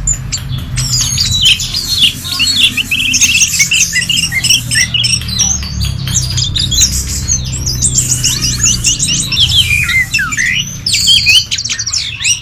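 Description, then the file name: Orange-headed thrush delivering a long, rich, nonstop medley of rising and falling whistles and chirps, with a low rumbling hum in the background. "anis merah omkicau"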